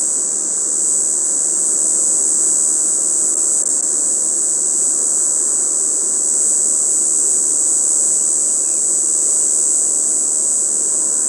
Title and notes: 18 juillet 2018-Les Vigneaux - Hautes Alpes Rencontre avec la Cigale quadrisignée (Tibicina quadrisignata)